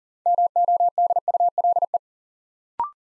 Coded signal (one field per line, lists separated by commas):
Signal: Morse code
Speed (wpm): 38 wpm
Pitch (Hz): 700 Hz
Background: none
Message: MODULE